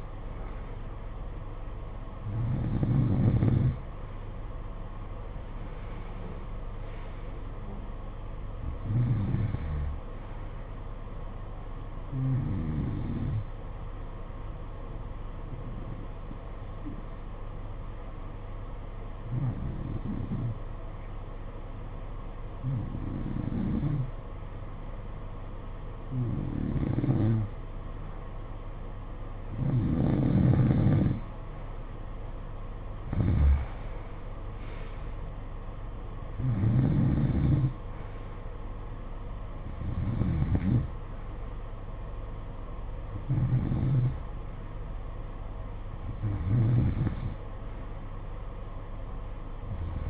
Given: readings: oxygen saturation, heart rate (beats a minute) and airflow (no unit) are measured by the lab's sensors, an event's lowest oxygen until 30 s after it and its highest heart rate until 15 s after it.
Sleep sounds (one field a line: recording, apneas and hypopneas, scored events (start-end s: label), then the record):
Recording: breathing in sleep by a smartphone at the bedside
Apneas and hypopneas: 1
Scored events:
15.00-30.50 s: hypopnea (N2, oxygen 93% highest, then 89% lowest, heart rate 55 at the start, 64 highest)
25.00-50.10 s: new sleep stage, N3 (deep sleep)
From the record:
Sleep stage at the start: N2 (light sleep)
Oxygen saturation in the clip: 89 to 93%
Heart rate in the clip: 53 to 67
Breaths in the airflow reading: 14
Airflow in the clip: -13.0 to 11.2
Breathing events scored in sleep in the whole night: 476 in 9.7 hours asleep